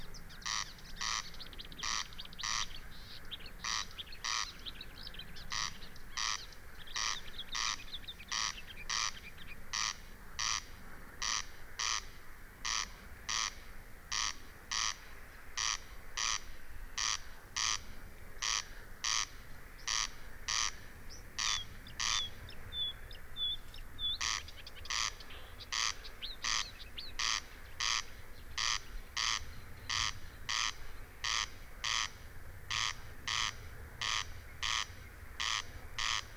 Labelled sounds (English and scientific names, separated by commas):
Corn Crake (Crex crex)